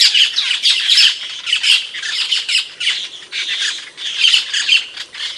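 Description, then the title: Bird song, a dense run of high, scratchy, chattering notes with squeaky whistles, almost continuous with brief dips in loudness. Training song used for teaching caged songbirds. "Masteran Burung"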